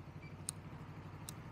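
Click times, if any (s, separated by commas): 0.5 s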